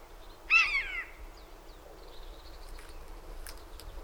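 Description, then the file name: Eurasian jay uttering one short, harsh mewing call that slides downward, followed by faint clicks and light background noise. "Garrulus glandarius"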